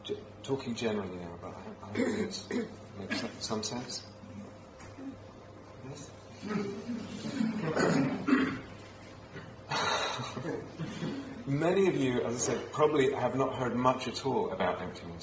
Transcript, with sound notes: I'm talking generally now, but I hope it makes some sense? Yes? [laughter] Many of you, as I said, probably have not heard much at all about emptiness.